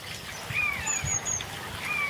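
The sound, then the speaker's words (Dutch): A jay flying overhead mimics a buzzard's mewing call in flight, giving thin, drawn-out whistled mews that slide in pitch, with a few higher squeaky notes between them over a steady background hiss. “Maar toen ik omhoog keek, zag ik een gaai overvliegen die tijdens de vlucht aan het mauwen was.”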